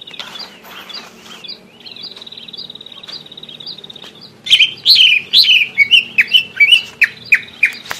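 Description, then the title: Greater green leafbird song: a thin, steady high tone with faint notes at first, then loud, varied whistled and warbled phrases delivered rapidly. "Suara Burung Cucak Ijo"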